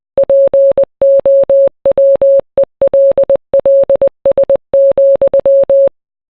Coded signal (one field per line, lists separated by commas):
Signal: Morse code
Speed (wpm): 20 wpm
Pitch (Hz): 550 Hz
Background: none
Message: POWELLS,